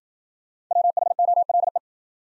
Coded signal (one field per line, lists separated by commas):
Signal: Morse code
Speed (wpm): 52 wpm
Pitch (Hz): 700 Hz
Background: none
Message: WHOLE